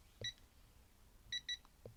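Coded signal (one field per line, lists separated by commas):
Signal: none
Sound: stud finder's beeps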